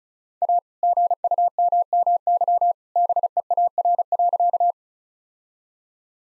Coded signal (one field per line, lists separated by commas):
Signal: Morse code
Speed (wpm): 36 wpm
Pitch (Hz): 700 Hz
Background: none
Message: A GUMMY BEAR.